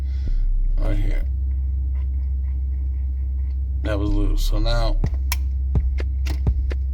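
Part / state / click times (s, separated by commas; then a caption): main wiring harness connector into refrigerator ice maker / seated / 5.3 s. Someone talks over a steady low hum while the main wiring harness connector, left loose by an earlier technician, is pushed home into the ice maker of a Sub-Zero 700 TCI refrigerator that was making no ice. A sharp click at 5.3 s marks the connector seating, followed by a few fainter ticks.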